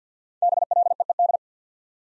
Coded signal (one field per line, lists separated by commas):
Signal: Morse code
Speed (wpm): 48 wpm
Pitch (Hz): 700 Hz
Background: none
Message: BLEED